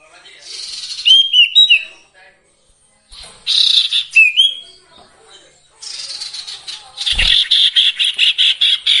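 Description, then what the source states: Sirtu song: high, varied whistled and chattering phrases ending in a long, rapid series of repeated notes. Training song for songbirds featuring the full variety of sirtu song phrases.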